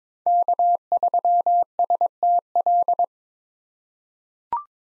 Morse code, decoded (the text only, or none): K3STL